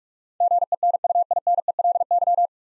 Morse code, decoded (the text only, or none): GENUINELY